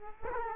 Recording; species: mosquito wingbeat signal from an infrared sensor; Culex quinquefasciatus